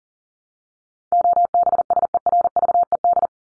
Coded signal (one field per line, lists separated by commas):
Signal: Morse code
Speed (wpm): 40 wpm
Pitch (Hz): 700 Hz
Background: none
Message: OBSERVED